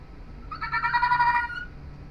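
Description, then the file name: Fennec fox giving a single wavering, harmonic-rich cry lasting about one second, slightly pulsing, over a faint low hum. "Fennec Singing"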